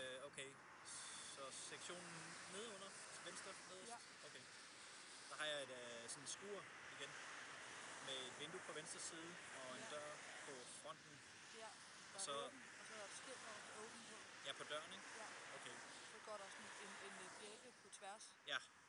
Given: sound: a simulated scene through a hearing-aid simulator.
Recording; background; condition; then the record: conversation; traffic; 0 dB SNR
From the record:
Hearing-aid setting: standard clinical setting (NAL); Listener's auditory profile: D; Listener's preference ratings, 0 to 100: 69, 50, 29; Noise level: 75 dB SPL